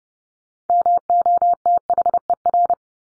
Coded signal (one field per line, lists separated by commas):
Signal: Morse code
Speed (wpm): 30 wpm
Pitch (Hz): 700 Hz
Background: none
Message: MOTHER